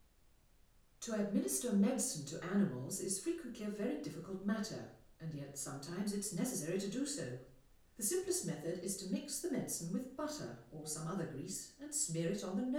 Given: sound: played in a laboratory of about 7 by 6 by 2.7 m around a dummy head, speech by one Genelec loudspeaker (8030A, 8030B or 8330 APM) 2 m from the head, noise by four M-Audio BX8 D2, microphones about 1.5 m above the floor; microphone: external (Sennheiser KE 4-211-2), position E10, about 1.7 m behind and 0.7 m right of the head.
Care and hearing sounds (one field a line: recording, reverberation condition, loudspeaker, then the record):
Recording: female speech in English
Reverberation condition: medium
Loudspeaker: 30 degrees to the right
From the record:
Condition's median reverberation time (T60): about 510 ms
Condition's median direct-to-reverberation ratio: about -0.5 dB